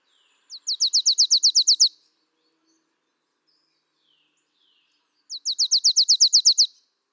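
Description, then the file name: Marsh tit giving a fast run of about a dozen high, downslurred notes, repeated once after a pause of about three and a half seconds. "Poecile palustris"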